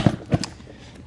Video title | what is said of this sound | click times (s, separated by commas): Best Heavy Duty Folding Scooter on the Market? BuzzAround Carry On HD Full Review GB220 | and it does lock into place. You don't have to grab that yellow handle. | 0.4 s